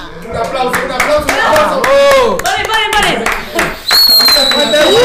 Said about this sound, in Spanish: Un aplauso.